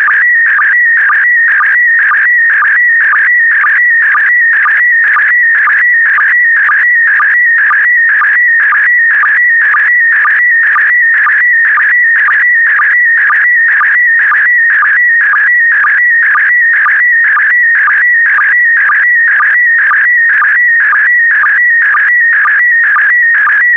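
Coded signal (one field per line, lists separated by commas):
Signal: SSTV (slow-scan television)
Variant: PD120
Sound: warbling whistle near 2 kHz with a rhythmic low chirp about twice per second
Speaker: complete you can now check your decoded image against the picture that is shown on the video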